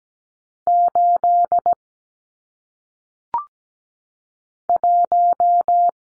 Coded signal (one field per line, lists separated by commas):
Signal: Morse code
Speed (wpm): 17 wpm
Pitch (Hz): 700 Hz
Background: none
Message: 8 1